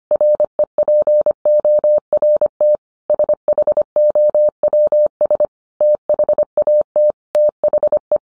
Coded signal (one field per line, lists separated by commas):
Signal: Morse code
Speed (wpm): 25 wpm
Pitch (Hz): 600 Hz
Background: none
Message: REPORT SHOWS THAT THE